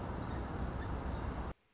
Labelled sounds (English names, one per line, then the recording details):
Orange-crowned Warbler
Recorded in Sonoma County, California